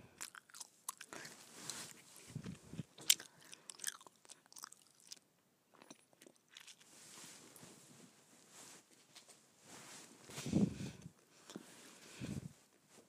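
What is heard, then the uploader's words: Gum chewing close to the microphone, with moist clicks, smacks and squelches coming in uneven bursts. A near-silent pause falls around five to six seconds, and heavier, deeper chomps land near ten and twelve seconds over a faint hiss. ASMR Gum Chewing.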